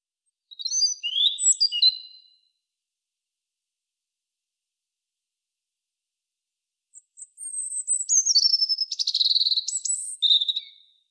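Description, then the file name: European robin song: a brief phrase of high sliding whistles, then after a pause a longer tumbling series of thin notes and fast twittering trills. "Erithacus rubecula"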